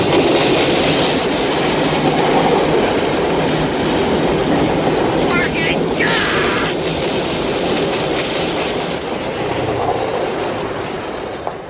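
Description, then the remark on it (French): An elevated metro train rumbles past overhead, a loud, steady roar of wheels and rattling carriages that fills the whole stretch, with a brief hissing squeal partway through. “Il divague sous le métro aérien, les yeux dans le vide, les mains dans la poche, quand une jeune femme, Jeanne, le dépasse.”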